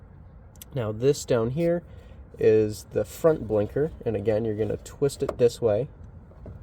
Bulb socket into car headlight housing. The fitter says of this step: twist anymore it'll be a little snap in place and you'll be all set